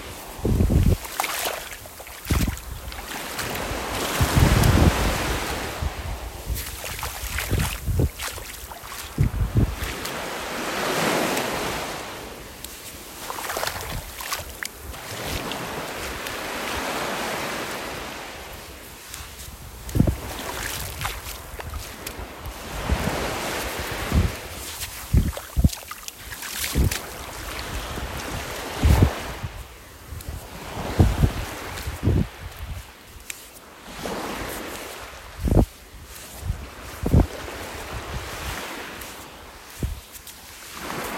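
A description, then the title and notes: Waves wash in and out with wind gusting over them, the sound swelling and easing every few seconds across the whole clip. Sharp low thumps, likely steps, recur irregularly throughout, with brief quieter lulls around 15 and 40 seconds. Mám za sebou měsíc #vanlife a během toho měsíce jsem zaznamenávala zvuky z těch nejkouzelnějších míst. WAVES, WIND, STEPS.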